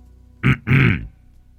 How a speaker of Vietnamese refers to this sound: Cô chưa kịp tiến lại gần chồng mình thì đằng sau đã có tiếng ho vọng lại.